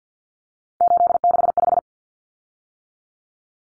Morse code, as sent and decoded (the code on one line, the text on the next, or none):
---.. -.... .....
865